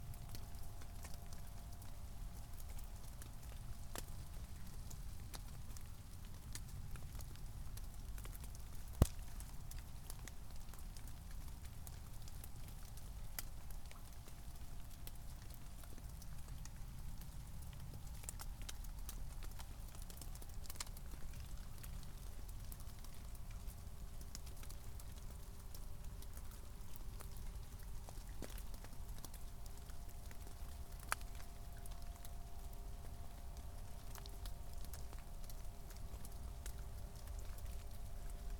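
A snowy forest by a lake, with a steady low rumble, faint tones, and scattered soft ticks and drips, one sharper tap near nine seconds.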